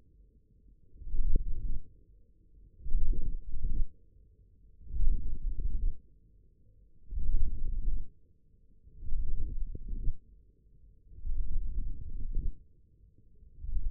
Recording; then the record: forearm muscle sounds (acoustic myography)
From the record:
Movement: wrist flexion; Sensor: system 1, eight BSWA MPA416 microphones around the upper forearm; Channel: 5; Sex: male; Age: 54 years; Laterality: right